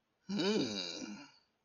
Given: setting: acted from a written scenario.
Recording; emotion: vocal sound without words; desire